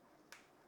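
The flat end of a new band is slid into the lug slot on the button side of an Apple Watch body. A single sharp click sounds at 0.3 s as it seats in place. No one talks.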